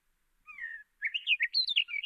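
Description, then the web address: Hume's wheatear opens with a drawn-out falling whistle, then bursts into a quick, varied run of chirping, warbling notes. "Hume's wheatear. صدای پرنده چکچک شکم سفید"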